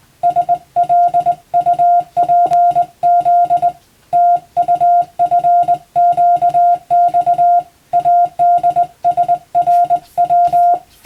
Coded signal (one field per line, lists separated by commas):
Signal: Morse code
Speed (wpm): 20 wpm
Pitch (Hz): 700 Hz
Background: music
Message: SLUPZ TUFQX ADSRW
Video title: 無線従事者国家試験総合無線通信士電気通信術のトレーニングにＣＷを打ってみました。アマチュア無線ハムの受信練習にもどうぞ(morse code practice for radio operator )